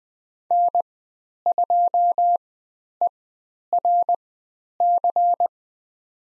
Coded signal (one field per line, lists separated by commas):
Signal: Morse code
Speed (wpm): 20 wpm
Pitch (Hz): 700 Hz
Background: none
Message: N2ERC